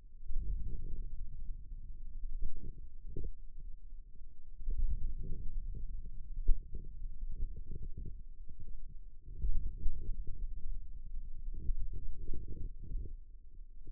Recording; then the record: forearm muscle sounds (acoustic myography)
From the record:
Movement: radial deviation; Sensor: system 2, bracelet of six BSWA MPA416 microphones around the upper forearm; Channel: 3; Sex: male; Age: 22 years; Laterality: right